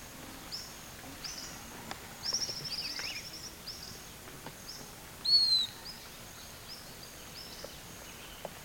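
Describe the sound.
Bird calls: faint scattered high chirps, then one clearer, thin, falling whistle past the midpoint, over a steady background hiss.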